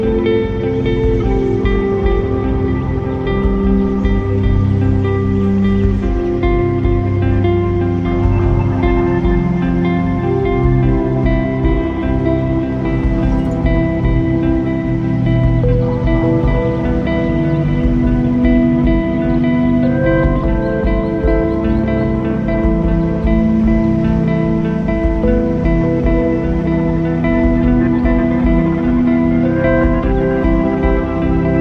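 Ambient music plays throughout, a steady, dense wash of sustained layered tones over a heavy low drone that slowly shifts without pause.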